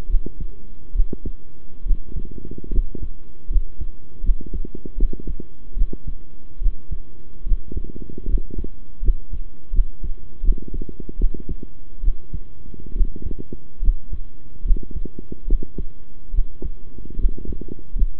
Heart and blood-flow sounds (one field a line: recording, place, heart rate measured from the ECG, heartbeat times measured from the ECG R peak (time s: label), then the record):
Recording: heart sounds by stethoscope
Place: between the tricuspid and mitral areas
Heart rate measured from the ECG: 74 bpm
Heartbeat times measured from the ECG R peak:
0.08 s: heartbeat
0.94 s: heartbeat
1.85 s: heartbeat
2.71 s: heartbeat
3.49 s: heartbeat
4.23 s: heartbeat
4.97 s: heartbeat
5.76 s: heartbeat
6.60 s: heartbeat
7.45 s: heartbeat
8.27 s: heartbeat
9.02 s: heartbeat
9.72 s: heartbeat
10.42 s: heartbeat
11.18 s: heartbeat
12.02 s: heartbeat
12.94 s: heartbeat
13.81 s: heartbeat
14.64 s: heartbeat
15.47 s: heartbeat
16.33 s: heartbeat
17.18 s: heartbeat
17.95 s: heartbeat
From the record:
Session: rest, sitting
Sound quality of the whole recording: good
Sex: male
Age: 23 years